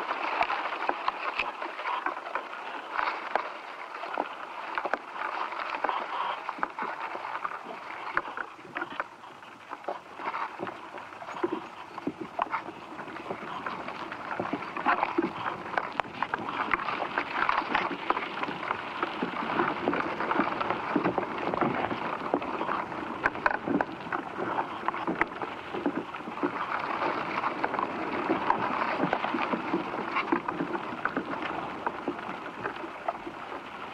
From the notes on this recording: The interior sound world of ash trees, Fraxinus excelsior .